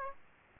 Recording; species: mosquito wingbeat signal from an infrared sensor; Aedes aegypti